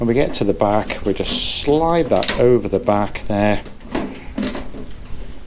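Someone talks while the back panel of a Nortent foldable titanium wood stove is slid over the back edge of the stove body during assembly, with brief metallic handling knocks around 4.0 and 4.4 seconds. The panel has not yet locked into place and nothing has seated or clicked yet.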